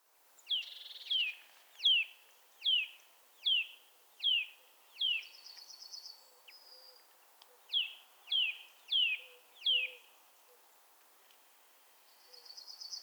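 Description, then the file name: Eurasian nuthatch giving loud, clear descending whistled notes, repeated about every three-quarters of a second in two series, with a short buzzy trill between them and another at the end. "Sitta europaea"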